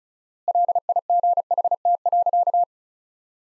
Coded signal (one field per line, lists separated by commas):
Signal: Morse code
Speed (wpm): 36 wpm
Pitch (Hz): 700 Hz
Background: none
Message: LIGHT.